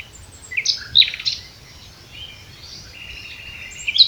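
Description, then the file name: Common nightingale singing a short burst of sharp, varied notes, followed by quieter drawn-out whistles. "Luscinia megarhynchos"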